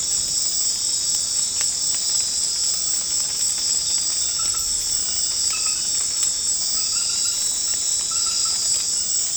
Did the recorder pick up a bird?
no